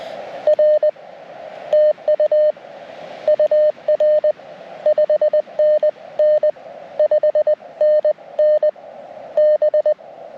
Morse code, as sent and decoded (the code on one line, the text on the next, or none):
.-. / - ..- / ..- .-. / ..... -. -. / ..... -. -. / -...
R TU UR 5NN 5NN B